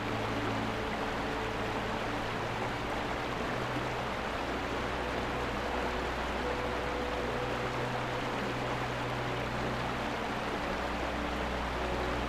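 A waterfall pours in a steady, dense rush that fills the whole 12 seconds without letup, bright and hissy across the top. Underneath sits a low, constant hum with a few faint sustained tones that shift slightly partway through.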